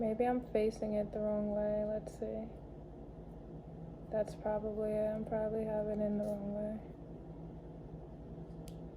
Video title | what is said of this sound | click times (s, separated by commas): Applewatch series 5 unboxing part 3 (www.rviewrs.com for full review) | Oh, there's a click. I just heard it. | 8.7 s